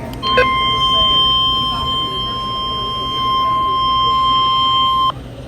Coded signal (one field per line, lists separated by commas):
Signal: Emergency Alert System (SAME) tones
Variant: 1050 Hz attention tone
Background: speech